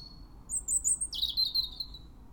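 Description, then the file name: European robin giving thin, high whistled notes and short trilled phrases, a sustained high note followed by a lower wavering one, over a faint low background hum. "Erithacus rubecula"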